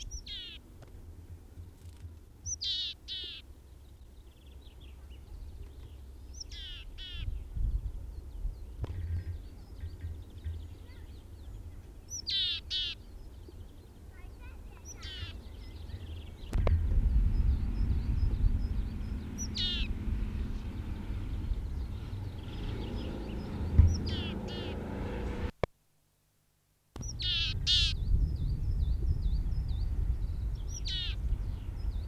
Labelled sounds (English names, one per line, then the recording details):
Willow Tit
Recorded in the wild
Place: Ehrwald, Tirol, AT
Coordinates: 47.4, 10.9183
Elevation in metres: 980
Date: 1968-04-17
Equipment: Uher 4000, Sennheiser MKH 405, Parabolreflektor
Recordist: Tretzel, Erwin